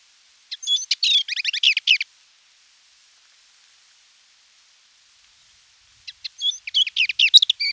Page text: Steppe Lesser Whitethroat Song. Quick Sounds